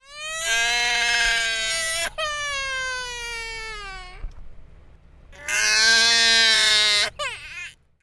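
An infant crying in loud, high-pitched wails with strong harmonics and falling pitch, separated by brief gasps, used as a ringtone.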